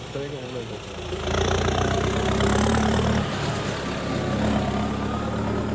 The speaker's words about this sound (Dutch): Er komt wel een boze boer aan met een trekker. Nee, oh. Die komt gewoon zijn landen werken.